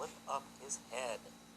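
Someone talks while flipping up the head of a transforming plastic Mechagodzilla toy, an egg-to-monster figure, handling its head joint. The head has not yet locked into place, and nothing has seated or clicked yet.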